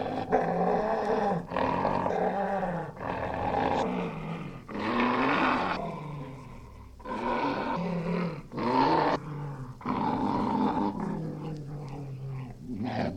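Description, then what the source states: Spaniel snarling: bursts of rough growling and snarling roughly every one to two seconds, harmonic tones bending up and down. Angry spaniel snarling.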